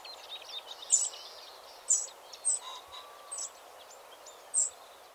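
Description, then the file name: Eurasian wren calling with brief, high, hard ticks repeated roughly once a second, somewhat irregularly, against constant hiss. "Troglodytes troglodytes"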